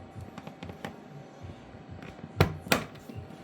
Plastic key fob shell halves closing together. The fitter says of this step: Okay, it clicked. It's in place.